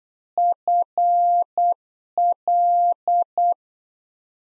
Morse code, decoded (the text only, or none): FL